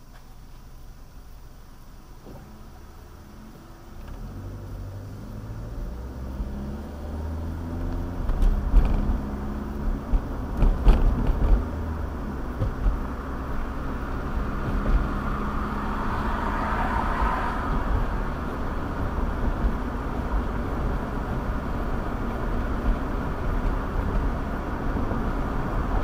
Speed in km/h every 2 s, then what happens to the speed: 0, 0, 5, 15, 24, 32, 39, 44, 48, 52, 56, 58, 61.
0-3 standing. 3-26 pulls away to 61.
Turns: none.